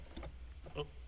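A 3/8 plastic quick-disconnect fuel line tool is pushed onto the quick-connect fitting of an engine's fuel line, over a low steady background hum. Two faint ticks come at about 0.2 s, then a sharper, louder click at 0.8 s as the tool seats fully in the fitting.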